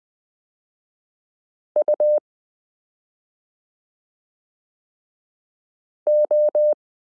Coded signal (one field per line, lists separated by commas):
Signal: Morse code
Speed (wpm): 20 wpm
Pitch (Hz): 600 Hz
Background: none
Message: UO